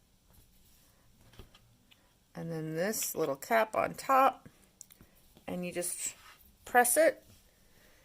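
Someone talks while handling the metal back cap of a fabric-covered button, placing it on top of the button shell to be pressed on. Only faint, brief handling ticks are heard between the words, and nothing has seated or clicked yet.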